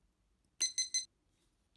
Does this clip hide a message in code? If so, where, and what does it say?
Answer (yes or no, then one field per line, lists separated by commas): no